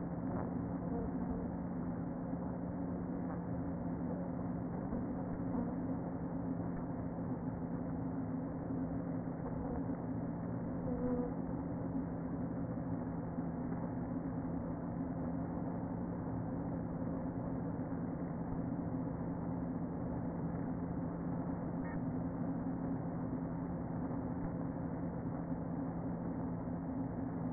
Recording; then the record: honeybee colony, microphone inside the hive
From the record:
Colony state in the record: queen present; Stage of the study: before two queens were removed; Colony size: about 60,000 bees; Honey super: yes